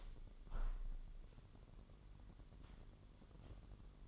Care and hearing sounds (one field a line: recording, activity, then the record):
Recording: daily activity, microphone in the room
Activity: open window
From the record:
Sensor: 4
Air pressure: 999.4 hPa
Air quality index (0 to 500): 138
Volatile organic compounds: 3 ppm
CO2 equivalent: 1360 ppm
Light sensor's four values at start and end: 21/51/21/23 and 21/51/21/23